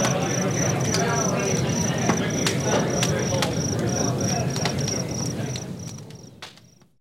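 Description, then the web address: Cicada producing a steady train of short high pulses, several per second, above constant low rumbling noise, the whole sound fading away near the end. "цикады"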